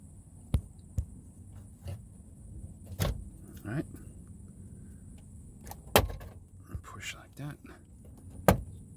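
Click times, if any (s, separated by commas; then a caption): 8.5 s. A plastic retaining clip on the front electronic module of a 2002 Thunderbird is pushed into its mount in the car while someone talks, with scattered taps and knocks along the way, including a sharp one near 6.0 s. The clip snaps into place with a distinct click at 8.5 s, and it is seated.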